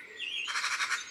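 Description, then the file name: Eurasian magpie giving a harsh, rattling chatter of several rapid grating notes. "Pie bavarde ABC des chants doiseaux"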